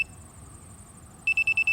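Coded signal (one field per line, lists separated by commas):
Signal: beep code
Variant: Betaflight flight controller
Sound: tail of one beep, a pause, then five quick high-pitched beeps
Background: quiet room noise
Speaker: 5 short beeps followed by some long beeps indicates an error code. The number of the long blinks indicates the error. So 2, accelerometer or gyro sensor is missing.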